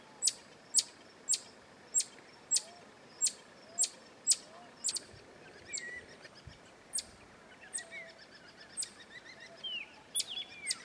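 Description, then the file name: Black-tufted marmoset calls: a quick run of sharp, high notes that slows and thins out, mixed with soft rising chirps toward the end. "Canto do Mico Estrela"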